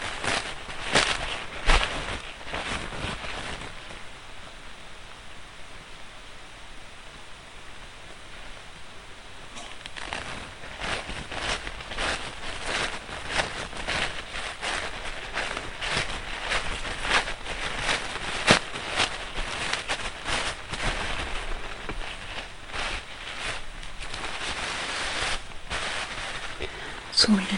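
Paper napkins rustle and crinkle while being folded into roses, dense crackling bursts easing briefly around five to nine seconds, then picking up again.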